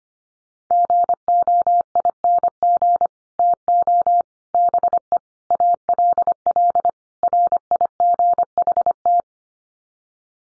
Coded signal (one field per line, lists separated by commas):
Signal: Morse code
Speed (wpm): 25 wpm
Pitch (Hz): 700 Hz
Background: none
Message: GOING TO BE ALL RIGHT